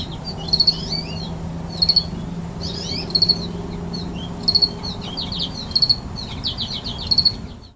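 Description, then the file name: Cricket: high, clipped triple chirps of a cricket recur at a steady beat, while finch-like twittering notes and a low hum run beneath. "Crickets And Goldfinches"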